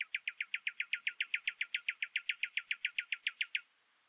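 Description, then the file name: Common nightingale song: a steady run of many identical notes in quick succession, stopping abruptly. "Luscinia megarhynchos"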